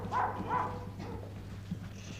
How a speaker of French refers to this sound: Les chiens aboient.